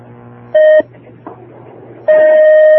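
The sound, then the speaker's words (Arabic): Phone line connecting tones as another caller's call is taken during a call-in religious question-and-answer session: two loud, steady electronic beeps, a short one followed by a longer one, over a low background hum with no talking. “الشيخ ناخذ اتصال آخر.”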